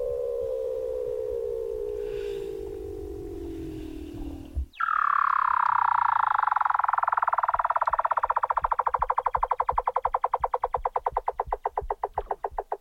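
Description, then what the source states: Weddell seal calls: a long falling whistle, then an abrupt upward sweep into a sustained tone that breaks into rapid pulses slowing toward the end. Antarctica.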